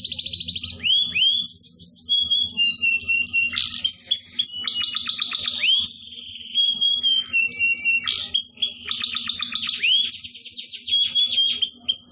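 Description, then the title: Canary song with rapid rattling trills alternating with clear sustained whistles and quick upward-sweeping notes, delivered nonstop; soft background hum. Canary performing an elaborate song style locally called cengkok. "Cengkok Kenari Mewah. Kenari lagu mewah"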